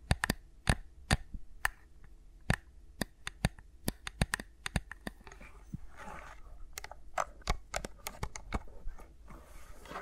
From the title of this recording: ASMR with Mics Around My Fingers (No Talking)